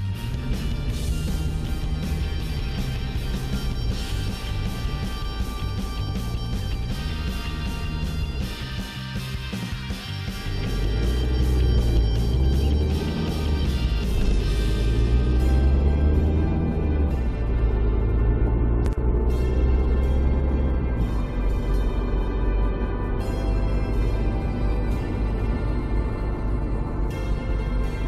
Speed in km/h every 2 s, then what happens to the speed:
23, 18, 11, 6, 5, 5, 12, 20, 34, 41, 47, 50, 53, 55.
0-6 slows to 6. 10-28 speeds up to 55.